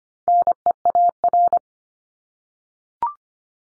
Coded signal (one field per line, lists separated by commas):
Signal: Morse code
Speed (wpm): 25 wpm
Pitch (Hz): 700 Hz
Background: none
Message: NEAR